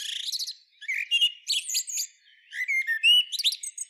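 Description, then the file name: Common blackbird giving rapid high twitters and squeaky notes, with a few clear rising whistled notes. "Turdus merula"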